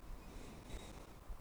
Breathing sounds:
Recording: one breath near a microphone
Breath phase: exhalation

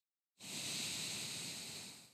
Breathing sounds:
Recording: one breath near a microphone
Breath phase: exhalation

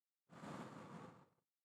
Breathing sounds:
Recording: one breath near a microphone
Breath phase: exhalation

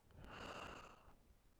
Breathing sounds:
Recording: one breath near a microphone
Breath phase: exhalation

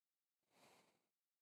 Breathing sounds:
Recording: one breath near a microphone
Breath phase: exhalation

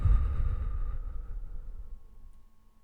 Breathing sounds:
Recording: one breath near a microphone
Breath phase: exhalation

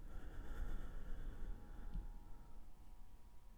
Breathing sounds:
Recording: one breath near a microphone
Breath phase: exhalation

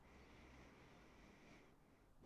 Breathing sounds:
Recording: one breath near a microphone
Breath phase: inhalation

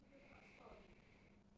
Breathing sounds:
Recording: one breath near a microphone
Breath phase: inhalation

